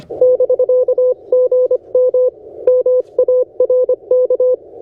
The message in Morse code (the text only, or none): <BK> GM MARK